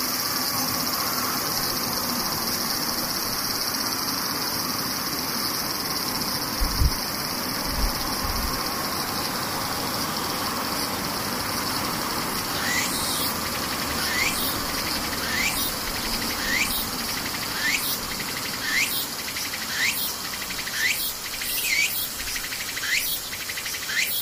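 Cicadas buzz in a steady, dense high drone, joined from about thirteen seconds by a regular series of rising chirps, with low thumps near seven seconds.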